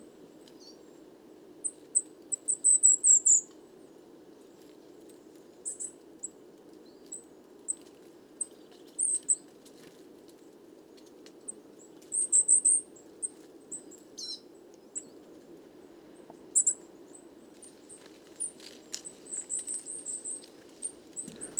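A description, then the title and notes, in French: A flock of coal tits gives thin, high calls in scattered bursts, busiest around three and twelve seconds, over a steady low rumble. Les Casses - Drôme - Parabole Wiltronic - mono. Je suis venu ce soir essayer une parabole un peu oubliée dans mon stock de matériel, une Wildtronic qui me permet d'enregistrer en mono avec une qualité de restitution des aigus bien réelle. Une belle ronde de Mésange noire (plus de 50 individus).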